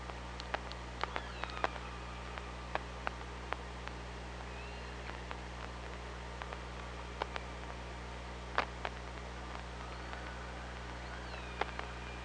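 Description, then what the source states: Killer whale clicks ticking irregularly, with faint gliding whistles woven between them, over a steady low hum. Recorded by hydrophone at OrcaLab on 24 August 2017, around 06:20.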